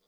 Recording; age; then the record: pig call; piglet (1 to 25 days)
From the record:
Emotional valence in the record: positive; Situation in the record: reunion after long isolation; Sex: male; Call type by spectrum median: high-frequency call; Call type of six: low-frequency tonal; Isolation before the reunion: 8 minutes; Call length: 0.07 s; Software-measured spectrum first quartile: 581 Hz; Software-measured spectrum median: 3244 Hz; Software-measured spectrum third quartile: 7129 Hz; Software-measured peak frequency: 480 Hz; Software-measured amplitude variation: 8 dB a second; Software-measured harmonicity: 1.5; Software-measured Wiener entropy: -1.48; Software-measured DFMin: 1006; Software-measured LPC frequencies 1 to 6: 527, 1233, 2193, 3436, 4762, 7688 Hz